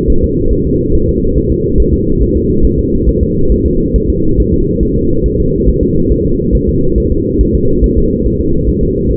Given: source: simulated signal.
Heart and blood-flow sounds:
fetal heart sounds
0.10 s: S1
0.24 s: S2
0.53 s: S1
0.67 s: S2
0.95 s: S1
1.09 s: S2
1.38 s: S1
1.52 s: S2
1.80 s: S1
1.94 s: S2
2.22 s: S1
2.36 s: S2
2.65 s: S1
2.79 s: S2
3.09 s: S1
3.23 s: S2
3.52 s: S1
3.66 s: S2
3.96 s: S1
4.10 s: S2
4.40 s: S1
4.54 s: S2
4.83 s: S1
4.97 s: S2
5.26 s: S1
5.40 s: S2
5.69 s: S1
5.83 s: S2
6.11 s: S1
6.26 s: S2
6.55 s: S1
6.69 s: S2
6.98 s: S1
7.12 s: S2
7.41 s: S1
7.55 s: S2
7.84 s: S1
7.98 s: S2
8.27 s: S1
8.41 s: S2
8.69 s: S1
8.83 s: S2
9.11 s: S1
From the record:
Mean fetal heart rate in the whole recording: 140 bpm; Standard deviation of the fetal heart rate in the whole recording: 2 bpm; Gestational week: 34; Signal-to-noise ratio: -16.4 dB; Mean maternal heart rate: 72 bpm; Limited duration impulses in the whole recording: present

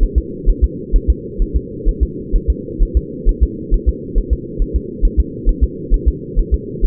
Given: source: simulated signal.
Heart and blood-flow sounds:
fetal heart sounds
0.03 s: S1
0.18 s: S2
0.49 s: S1
0.64 s: S2
0.96 s: S1
1.10 s: S2
1.42 s: S1
1.56 s: S2
1.89 s: S1
2.03 s: S2
2.36 s: S1
2.50 s: S2
2.83 s: S1
2.97 s: S2
3.29 s: S1
3.43 s: S2
3.74 s: S1
3.89 s: S2
4.18 s: S1
4.33 s: S2
4.62 s: S1
4.76 s: S2
5.05 s: S1
5.20 s: S2
5.49 s: S1
5.64 s: S2
5.94 s: S1
6.08 s: S2
6.39 s: S1
6.54 s: S2
6.85 s: S1
From the record:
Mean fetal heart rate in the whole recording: 130 bpm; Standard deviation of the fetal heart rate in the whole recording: 4 bpm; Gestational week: 38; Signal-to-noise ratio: -4.1 dB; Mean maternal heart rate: no maternal heart sound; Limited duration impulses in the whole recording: absent

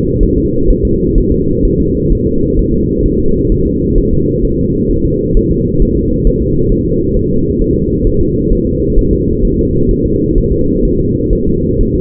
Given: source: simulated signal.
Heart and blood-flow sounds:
fetal heart sounds
0.23 s: S1
0.38 s: S2
0.70 s: S1
0.85 s: S2
1.18 s: S1
1.32 s: S2
1.65 s: S1
1.80 s: S2
2.12 s: S1
2.27 s: S2
2.59 s: S1
2.74 s: S2
3.06 s: S1
3.20 s: S2
3.52 s: S1
3.66 s: S2
3.98 s: S1
4.13 s: S2
4.45 s: S1
4.59 s: S2
4.91 s: S1
5.05 s: S2
5.37 s: S1
5.51 s: S2
5.82 s: S1
5.97 s: S2
6.27 s: S1
6.42 s: S2
6.72 s: S1
6.86 s: S2
7.17 s: S1
7.31 s: S2
7.61 s: S1
7.76 s: S2
8.07 s: S1
8.21 s: S2
8.53 s: S1
8.67 s: S2
8.98 s: S1
9.13 s: S2
9.45 s: S1
9.59 s: S2
9.91 s: S1
10.06 s: S2
10.38 s: S1
10.52 s: S2
10.85 s: S1
11.00 s: S2
11.33 s: S1
11.47 s: S2
11.81 s: S1
11.95 s: S2
From the record:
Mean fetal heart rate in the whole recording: 130 bpm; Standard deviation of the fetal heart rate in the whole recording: 4 bpm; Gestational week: 38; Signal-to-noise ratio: -15.3 dB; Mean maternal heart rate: 72 bpm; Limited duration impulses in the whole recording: present

